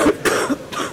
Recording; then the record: coughing mixed with background sound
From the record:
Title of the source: 31 night wet cough